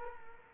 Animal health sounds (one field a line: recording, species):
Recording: mosquito wingbeat signal from an infrared sensor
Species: Culex quinquefasciatus